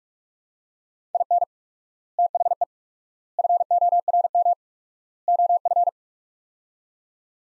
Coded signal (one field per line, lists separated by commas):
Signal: Morse code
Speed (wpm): 46 wpm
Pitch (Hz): 700 Hz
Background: none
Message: IN THE FORM OF